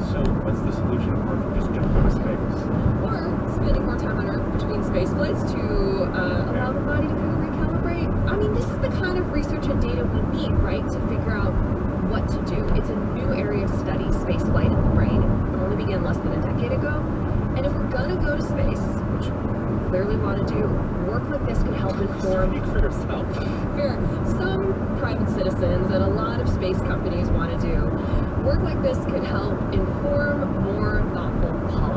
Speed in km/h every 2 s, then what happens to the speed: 74, 77, 79, 81, 81, 79, 79, 77, 77, 77, 77, 77, 79, 79, 79, 81.
0-5 speeds up to 81. 5-32 steady at about 79.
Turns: none.